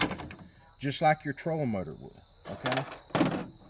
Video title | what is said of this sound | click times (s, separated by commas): Wireless Motorized Livescope Pole | and let the motor lock in | 0.0 s